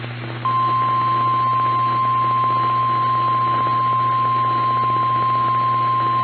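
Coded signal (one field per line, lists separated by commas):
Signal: Emergency Alert System (SAME) tones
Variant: 1050 Hz attention tone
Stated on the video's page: NOAA Weather Radio tornado watch alert for Missouri, relayed via an FM station, with WeatherSTAR 4000.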